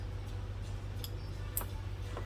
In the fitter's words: you have to hear the click, and then we can do the tail